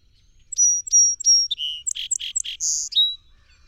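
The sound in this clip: Song sparrow song opening with three sharp whistles, followed by a low buzz, a fast run of raspy notes and a buzzy ending.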